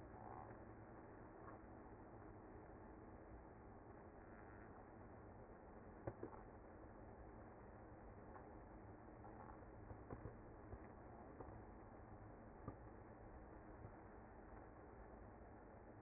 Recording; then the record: honeybee colony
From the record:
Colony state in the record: active